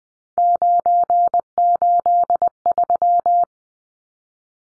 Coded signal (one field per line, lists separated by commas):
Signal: Morse code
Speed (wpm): 20 wpm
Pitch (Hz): 700 Hz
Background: none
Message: 983